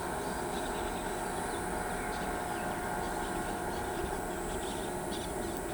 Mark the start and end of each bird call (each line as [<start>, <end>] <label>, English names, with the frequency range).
[0.50, 5.74] Brown-throated Parakeet (2.1-6.6 kHz)